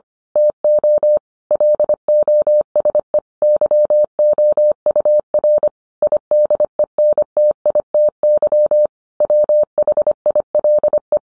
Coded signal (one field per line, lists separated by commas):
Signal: Morse code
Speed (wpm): 25 wpm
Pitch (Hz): 600 Hz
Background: none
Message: TO LOSE YOUR IDENTITY WHILE